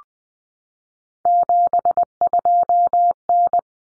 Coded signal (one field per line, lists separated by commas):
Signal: Morse code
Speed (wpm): 20 wpm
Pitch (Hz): 700 Hz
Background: none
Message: 72N